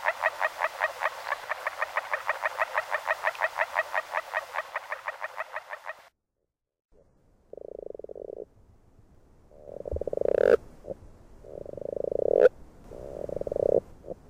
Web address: Fotoim Hangok Rana dalmatina